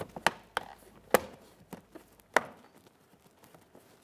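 The plastic front driver-side door trim panel of a 2012-2015 Honda Civic, refitted while replacing the interior door handle, is pressed against the door so its retaining clips snap into the metal door frame. Loud, sharp snaps ring out at 0.3, 0.6, 1.2 and 2.4 seconds, with a few fainter taps in between. The clips seat and the panel is secured.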